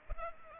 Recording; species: mosquito wingbeat signal from an infrared sensor; Culex pipiens